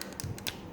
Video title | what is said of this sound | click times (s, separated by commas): JJ Prime REVIEWS: Transformers The Last Knight Voyager Class SCORN! | there we go that clicked into place so you can see that slot is completely vertical | 0.5 s